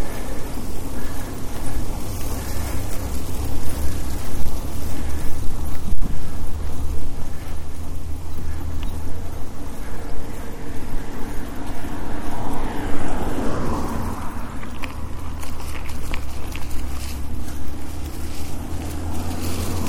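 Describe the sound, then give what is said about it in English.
A heavy truck rumbles along the road with a deep, steady engine drone and broad road noise, the sound swelling briefly about two-thirds of the way through as it passes. “We can turn left after this truck.”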